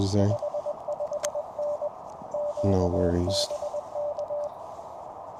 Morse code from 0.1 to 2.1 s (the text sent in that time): 55N